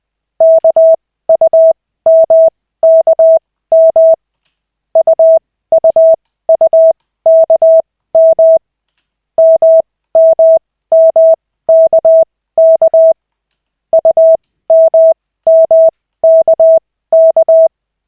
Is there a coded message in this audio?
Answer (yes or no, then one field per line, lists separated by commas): yes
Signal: Morse code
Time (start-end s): 0.4-17.7 s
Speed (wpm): 20 wpm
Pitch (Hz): 650 Hz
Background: none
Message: KUMKM UUUKM MMMKK UMMKK